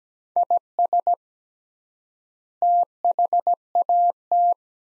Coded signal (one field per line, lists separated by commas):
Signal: Morse code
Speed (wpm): 17 wpm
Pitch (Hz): 700 Hz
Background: none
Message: IS THAT